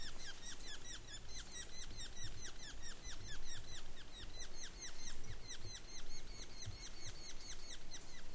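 Sapsucker calls: a rapid, continuous stream of short, nasal, down-slurred notes, several each second, over steady low rumbling background noise.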